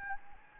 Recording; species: mosquito wingbeat signal from an infrared sensor; Anopheles gambiae